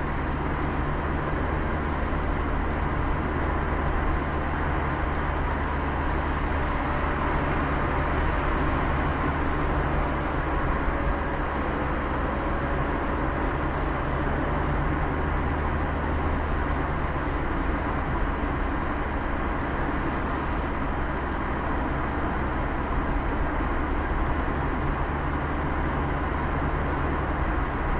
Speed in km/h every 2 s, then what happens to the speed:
54, 52, 54, 56, 56, 54, 53, 50, 49, 50, 51, 53, 55, 54.
0-8 steady at about 54. 8-15 slows to 49. 15-28 steady at about 51.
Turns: none.